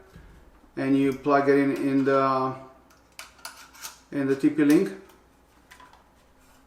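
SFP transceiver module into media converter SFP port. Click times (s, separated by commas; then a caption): 5.7 s. Someone talks while an SFP fiber module taken from a Bell ISP router is pushed into the SFP slot of a TP-Link media converter. A few short clicks and taps are heard, and the module seats with a click at 5.7 s; inserted the wrong way round, it would not click.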